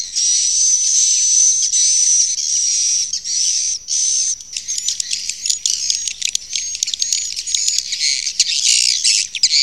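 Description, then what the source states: Swiftlets give high buzzy chirps in long pulsing phrases, then break into rapid uneven clicks and twitters toward the end. Used in swiftlet farming in Asia.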